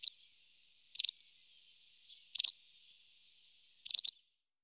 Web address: IVN Zangvogels. Witte kwikstaart